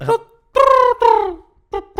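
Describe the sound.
A voice imitates a pigeon's call in five loud, tonal bursts: a short opening note, two longer sustained ones that sag slightly in pitch, then two brief closing notes, ending on a high tone.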